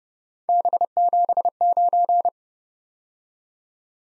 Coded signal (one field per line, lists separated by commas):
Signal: Morse code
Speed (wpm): 30 wpm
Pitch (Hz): 700 Hz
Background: none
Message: B79